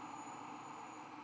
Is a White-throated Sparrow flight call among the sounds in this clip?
no